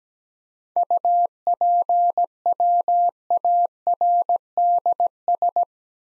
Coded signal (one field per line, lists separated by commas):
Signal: Morse code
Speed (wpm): 17 wpm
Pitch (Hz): 700 Hz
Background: none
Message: UPWARDS